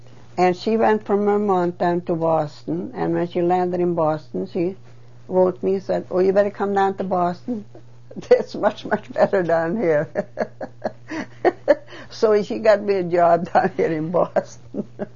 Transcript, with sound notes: And she went for a month down to Boston and when she landed in Boston she wrote me, said, "Well, you'd better come down to Boston. It's much, much better down here." (She laughs.) So she got me job typing in Boston.